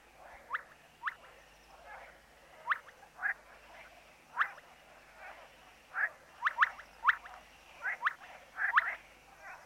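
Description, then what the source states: Amphibian calls: short, sharp chirping notes repeated irregularly, sometimes in quick pairs. Field recording.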